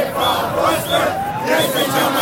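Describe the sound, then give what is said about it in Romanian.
A large protest crowd in the square in front of the government, holding up lit mobile phone flashlights, chants against the government, many voices shouting together in a loud, steady roar with rhythmic rises, a few whistles cutting through high above. “Oamenii din piață și-au aprins lanternele telefoanelor mobile și au scandat împotriva guvernului.”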